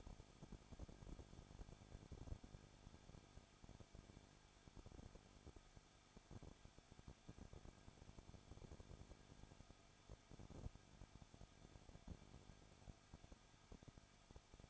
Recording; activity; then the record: daily activity, microphone in the room; no activity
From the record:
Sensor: 5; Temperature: 20.9 degrees Celsius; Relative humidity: 35.1%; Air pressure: 994.6 hPa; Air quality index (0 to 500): 153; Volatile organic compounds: 2 ppm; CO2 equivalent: 1278 ppm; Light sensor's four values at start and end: 2/3/1/1 and 2/3/1/1